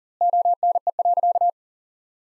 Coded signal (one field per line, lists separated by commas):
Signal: Morse code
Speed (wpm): 40 wpm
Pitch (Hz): 700 Hz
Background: none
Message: ONE.